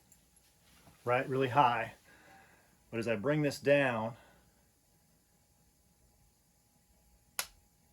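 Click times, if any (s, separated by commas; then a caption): 7.4 s. The pan of a set Duke 650 coil spring trap is slowly lowered until it drops into the second notch, the night latch that works like a gun sear, while someone talks. A single sharp click at 7.4 s marks the pan seating in the night latch. That click tells by sound alone, with no visual cue, that the trap is ready.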